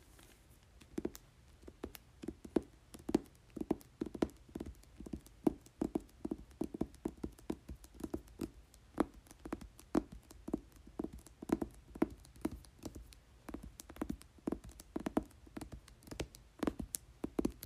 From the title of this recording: Tapping and Crinkling Book Cover